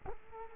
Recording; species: mosquito wingbeat signal from an infrared sensor; Culex quinquefasciatus